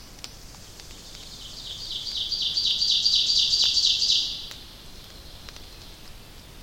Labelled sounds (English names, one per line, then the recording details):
Ovenbird song
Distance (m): 25 m
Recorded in boreal forest in Alberta, Canada, on 29 May 2016 at 06:08
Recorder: SongMeter 3, array SBT-3-49
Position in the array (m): 122 m, 133 m
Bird 15